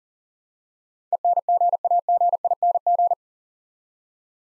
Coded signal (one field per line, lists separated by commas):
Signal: Morse code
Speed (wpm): 39 wpm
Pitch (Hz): 700 Hz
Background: none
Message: ENGAGING